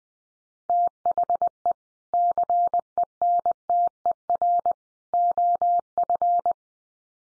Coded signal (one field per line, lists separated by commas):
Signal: Morse code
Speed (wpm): 20 wpm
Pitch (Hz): 700 Hz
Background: none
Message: THE CENTER OF